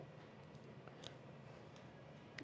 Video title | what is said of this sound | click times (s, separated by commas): $2500 PC Build with Seum and Cyberpower PC – Giveaways + Lian Li o11 Evo Build (12700KF / RTX 3070) | it's a satisfying click yeah it is and | 2.4 s